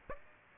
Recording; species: mosquito wingbeat signal from an infrared sensor; Aedes aegypti